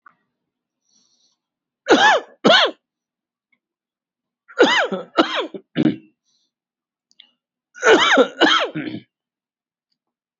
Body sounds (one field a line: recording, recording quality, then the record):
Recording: shallow voluntary cough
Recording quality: excellent, no background noise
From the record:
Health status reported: COVID-19 positive, moderate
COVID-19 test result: positive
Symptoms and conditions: cough, breathing difficulty, fever, muscle pain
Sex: male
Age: 43 years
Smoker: not ticked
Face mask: worn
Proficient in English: yes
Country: India